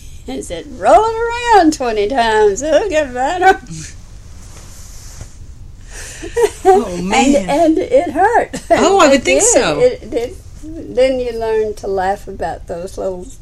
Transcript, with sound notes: and said, "Roll it around 20 times. It will get better.". (laughs) And it HURT.
Oh, I would think so.
It did. Then you learned to laugh about those little